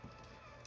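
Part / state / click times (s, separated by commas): clear plastic toy part into its locking pin joint / not seated / none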